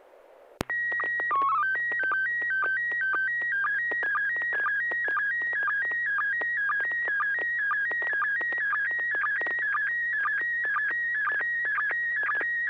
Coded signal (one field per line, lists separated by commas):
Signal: SSTV (slow-scan television)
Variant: PD 120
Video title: N6NA SSTV Net - 01/28/2026